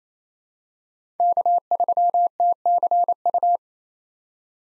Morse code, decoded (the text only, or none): K3TCU